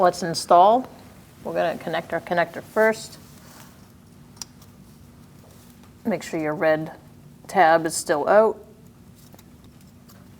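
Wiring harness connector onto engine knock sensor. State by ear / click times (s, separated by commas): not seated / none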